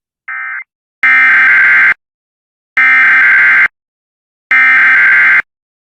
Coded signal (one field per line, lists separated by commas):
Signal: Emergency Alert System (SAME) tones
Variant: header bursts